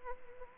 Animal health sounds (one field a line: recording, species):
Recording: mosquito wingbeat signal from an infrared sensor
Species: Anopheles arabiensis